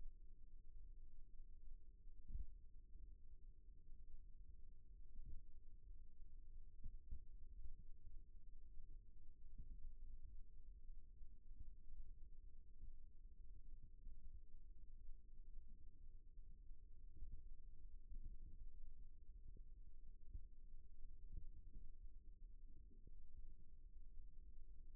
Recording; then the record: forearm muscle sounds (acoustic myography)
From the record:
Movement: rest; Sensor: system 1, eight BSWA MPA416 microphones around the upper forearm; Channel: 8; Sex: female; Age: 21 years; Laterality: right